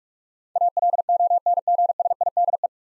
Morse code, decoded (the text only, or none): ALONGSIDE